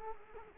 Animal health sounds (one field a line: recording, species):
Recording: mosquito wingbeat signal from an infrared sensor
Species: Culex quinquefasciatus